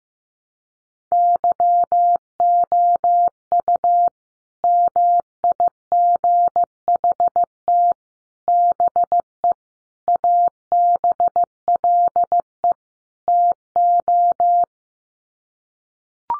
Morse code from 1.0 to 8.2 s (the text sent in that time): YOU MIGHT